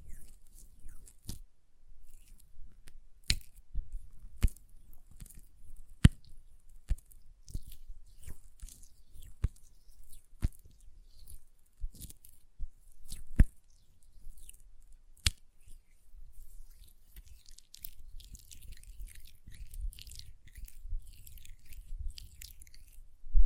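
Hand sounds with nail tapping: sharp, bright clicks land irregularly, sometimes in quick clusters, about one or two per second. Between taps there is a soft low rustle, and toward the end a denser wet, squishy rubbing fills in, like lotion being worked.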